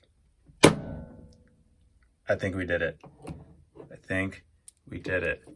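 A sapphire watch crystal is pressed into the case of a Seiko SNZH57 with a crystal press, squeezed harder to push it in. A loud, sharp snap at 0.6 s rings out and decays over about a second, then someone talks. The crystal seats in the watch case.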